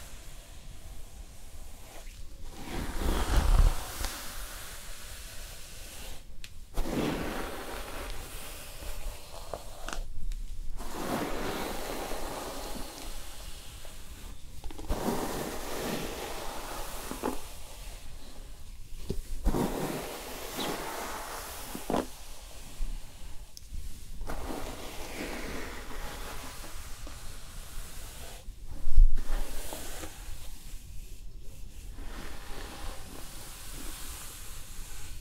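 Hair styling with brushing and a steam curler: a steady, airy hiss runs throughout, broken every few seconds by brighter rustling strokes. Short silent gaps fall between passes, and a couple of sharper knocks land around 3 and 29 seconds.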